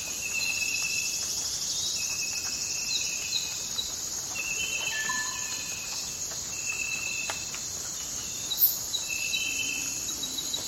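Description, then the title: Crickets keep up a high steady trill while long level tones repeat at intervals, a quick sharp chirp appearing late. Forest at night. "Forest Sounds and Crickets"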